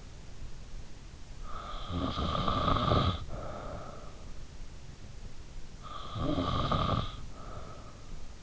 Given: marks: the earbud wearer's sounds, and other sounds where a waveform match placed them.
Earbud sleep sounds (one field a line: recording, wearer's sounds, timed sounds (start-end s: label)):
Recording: sounds in sleep by an in-ear microphone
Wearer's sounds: snoring breath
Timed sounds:
1.42-4.30 s: snoring breath
5.81-8.43 s: snoring breath